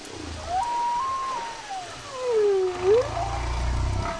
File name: Whale-Song Baleia Jubarte